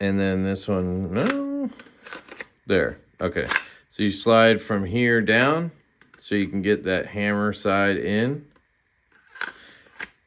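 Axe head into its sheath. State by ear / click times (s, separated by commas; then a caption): seated / 9.4 s. Someone talks while sliding the hammer side of an axe head down into its sheath, with a few brief handling taps around 1.8 to 2.4 s. After a pause, the axe head is pushed and pops into place in the sheath with a sharp snap at 9.4 s, seating it.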